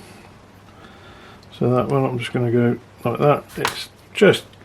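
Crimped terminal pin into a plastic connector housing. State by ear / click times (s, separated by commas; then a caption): not seated / none. A metal crimped terminal pin, its retaining tab bent out a fraction, is handled before being pushed into a plastic connector housing while someone talks. A faint tick is heard at about 1.4 s, but the pin has not snapped in and nothing has seated yet.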